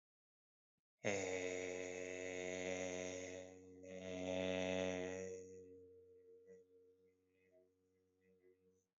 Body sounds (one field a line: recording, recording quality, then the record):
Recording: sustained vowel as in made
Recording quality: excellent, no background noise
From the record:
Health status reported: healthy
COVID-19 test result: negative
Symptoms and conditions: cough, sore throat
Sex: male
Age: 27 years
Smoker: yes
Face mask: not worn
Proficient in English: yes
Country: India